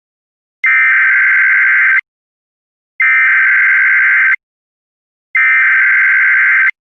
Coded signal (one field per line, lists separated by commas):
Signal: Emergency Alert System (SAME) tones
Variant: header bursts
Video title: National EAS Test (EAS# 1,111)